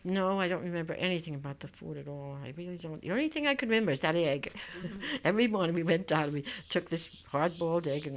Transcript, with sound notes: No, I don't remember anything about the food at all. I really don't. The only thing I can remember is that egg. ( she laughs ) Every morning we went down, and we took this hard boiled egg.